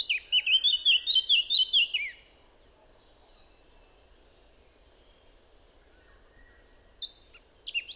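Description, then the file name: Eurasian blackcap song, a two-second run of rapid warbled notes, then near silence until a few scratchy high notes return near the end. "Sylvia atricapilla"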